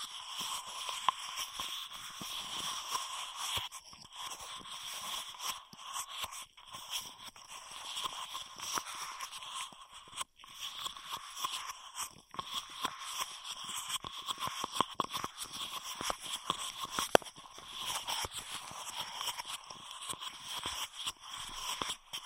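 Intense straw triggers: dense, rapid crinkling and crackling continues without pause, bright and scratchy, with brief quieter gaps and sharp clicks throughout.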